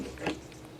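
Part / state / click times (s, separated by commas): drain hose end into rain barrel inlet fitting / not seated / none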